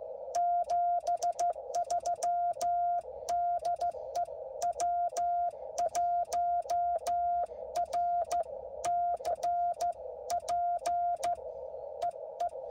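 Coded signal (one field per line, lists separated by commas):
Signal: Morse code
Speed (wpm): 14 wpm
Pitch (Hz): 700 Hz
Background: none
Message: 73 DE W1RCP EE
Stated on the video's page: CW on a POTA park activation, sent without a key or paddle because the key was forgotten.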